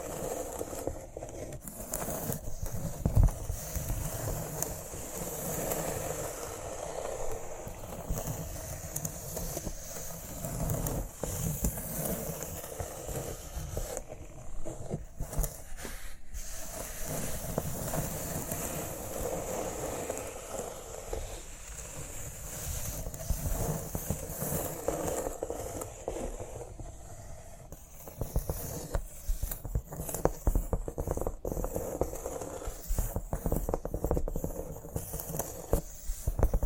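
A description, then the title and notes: Cork triggers for ASMR: steady, dense scratching and rubbing with many quick taps and clicks scattered throughout. The texture is gritty and fairly bright, easing briefly around 15 seconds and again near 28 seconds before picking back up. ASMR Cork Triggers. (No Talking).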